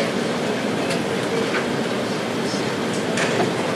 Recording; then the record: background sound without coughing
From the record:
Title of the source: Office Sounds Ambience - Background Noise for Study and Work